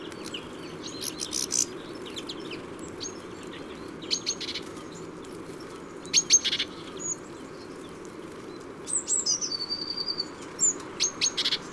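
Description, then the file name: Tit producing sparse high, sharp call notes and brief chatters separated by pauses, with a longer thin whistled note near the end. Tit at a feeder, Les Ollières-sur-Eyrieux, Ardèche. "Mesange-a-la-mangeoire-les-Ollieres-sur-Eyrieux-Ambiances-Sonores-d Ardeche-Studio-Les-Trois-Becs"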